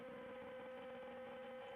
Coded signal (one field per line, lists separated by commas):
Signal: PSK63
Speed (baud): 62.5 baud